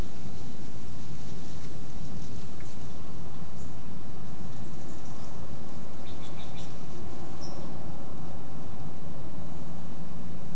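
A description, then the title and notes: Wind rushes steadily through trees, a dense low roar that fills the whole clip without letup. Faint, brief scratchy rustles and a few thin high chirps surface around the middle, like a bird scuffing through dry leaf litter. Wind through bay, leaf litter talon scratch. 3:00-3:30 pm. Throwback to a late summer windy day under the clearing-edge coast live oaks, spotted towhee foraging in the leaf litter.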